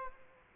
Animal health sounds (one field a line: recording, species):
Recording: mosquito wingbeat signal from an infrared sensor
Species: Aedes aegypti